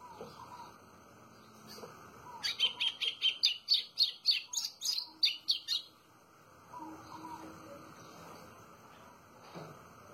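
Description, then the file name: White-throated seedeater giving a rapid run of sharp, high notes, with softer calls of other birds before and after. "canto do golinho"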